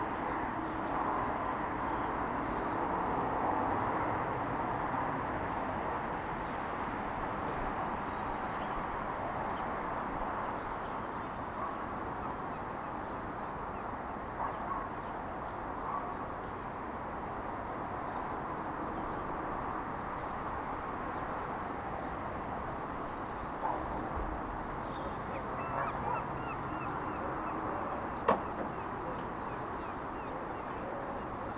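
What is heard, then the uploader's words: Early morning in a quiet city suburb, with a steady low wash of traffic filling the air. Faint bird calls flicker above it throughout, and a few soft knocks stand out, the sharpest near the 28-second mark. Captured in a quite city suburb early on Christmas morning.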